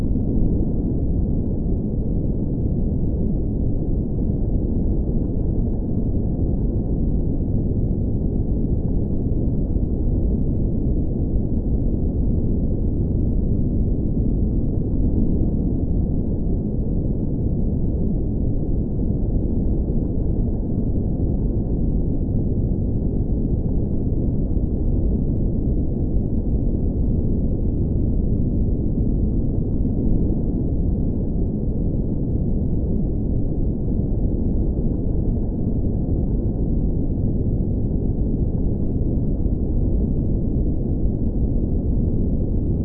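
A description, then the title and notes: A ship's ambience: a steady, dense low rumble that holds at one level for the whole stretch without pauses or distinct events. The sound is dark and muffled, with nothing bright on top, like a constant engine hum. The peaceful ambience of the gentle sounds of the ship as we tour the outer planets.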